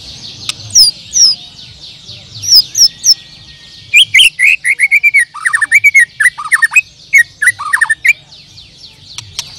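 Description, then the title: Bird song: scattered high chirps, then long runs of rapid, varied whistled and dropping notes, irregular in rhythm, over faint high twittering. "Kicau Burung"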